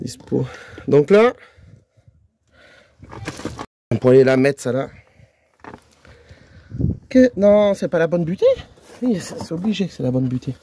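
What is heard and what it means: On a Mini One 1.6 16s, a clutch release bearing is handled and positioned against the gearbox release fork while someone talks, questioning whether it is the right bearing. Brief, faint knocks of handling are heard around 5.7 to 6.9 seconds between the speech. The bearing has not yet clipped onto the fork.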